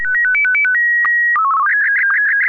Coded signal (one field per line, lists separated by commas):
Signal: SSTV (slow-scan television)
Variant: Martin 1